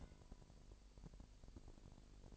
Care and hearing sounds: daily activity, microphone in the room; take from stove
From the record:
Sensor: 5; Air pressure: 1002.1 hPa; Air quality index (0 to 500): 294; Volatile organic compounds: 50 ppm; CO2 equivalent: 3295 ppm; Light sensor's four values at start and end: 20/43/19/21 and 20/43/19/21

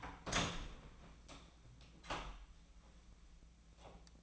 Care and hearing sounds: daily activity, microphone in the room; open door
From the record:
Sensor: 1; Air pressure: 1009.3 hPa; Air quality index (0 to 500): 185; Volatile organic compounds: 4 ppm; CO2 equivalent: 1560 ppm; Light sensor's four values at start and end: 40/105/44/51 and 40/107/44/52

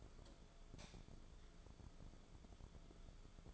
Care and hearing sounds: daily activity, microphone in the room; light off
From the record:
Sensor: 5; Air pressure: 1010.4 hPa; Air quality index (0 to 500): 117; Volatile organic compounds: 2 ppm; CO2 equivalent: 1149 ppm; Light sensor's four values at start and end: 471/1211/500/562 and 467/1198/495/556

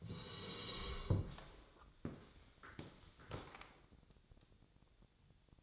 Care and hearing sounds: daily activity, microphone in the room; sit down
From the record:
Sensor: 3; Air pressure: 1000.4 hPa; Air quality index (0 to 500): 168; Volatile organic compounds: 3 ppm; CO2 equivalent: 1464 ppm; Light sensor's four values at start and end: 14/34/14/15 and 14/33/14/15

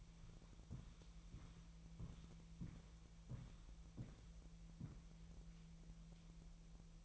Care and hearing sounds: daily activity, microphone in the room; walk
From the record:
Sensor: 1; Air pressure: 1002.1 hPa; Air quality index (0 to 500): 237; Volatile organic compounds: 93 ppm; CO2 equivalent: 3705 ppm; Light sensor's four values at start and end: 8/18/7/9 and 8/19/8/9

